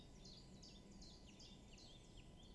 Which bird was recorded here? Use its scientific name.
Phylloscopus collybita